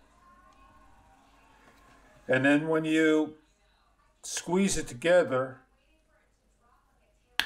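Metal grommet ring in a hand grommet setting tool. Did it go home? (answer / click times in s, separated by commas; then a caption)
yes / 7.4 s. Someone talks over a quiet background while a metal grommet ring and washer sit in a hand grommet setting tool from a NEU MASTER grommet kit with 3/8 inch grommets. The tool is squeezed together, and a sharp, short click sounds at 7.4 s as the grommet ring and washer close onto each other and seat.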